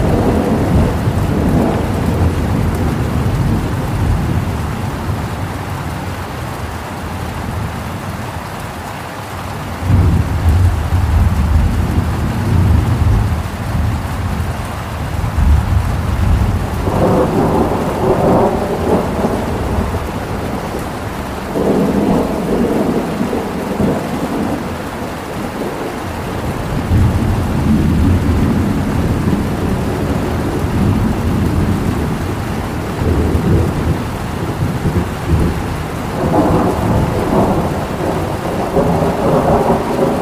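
Deep, rolling thunder rumbles repeatedly through steady heavy rain, with louder swells near ten, seventeen and thirty-six seconds over a constant wet hiss.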